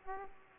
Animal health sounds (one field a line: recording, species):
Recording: mosquito wingbeat signal from an infrared sensor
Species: Aedes aegypti